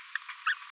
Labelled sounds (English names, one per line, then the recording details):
Green-rumped Parrotlet babbling
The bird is a female
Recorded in a nest box in Venezuela
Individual 17B73B3